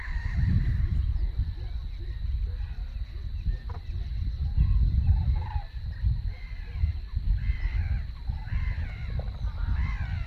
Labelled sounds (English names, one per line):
Whiskered Tern call